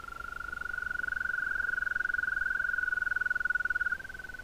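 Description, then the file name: European green toad giving a sustained even trill, a continuous rapid purring tone held for about four seconds with faint background hiss. "Bufo viridis"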